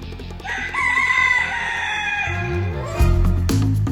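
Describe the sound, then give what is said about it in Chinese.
A rooster, the pet Cao Jiefang, lets out one loud, drawn-out crow that echoes inside a narrow tent, its shrill harmonic call rising and then holding before trailing off, with some low rumbling thuds toward the end. “鸣叫声如此嘹亮，在狭窄的帐篷里边久久回响。”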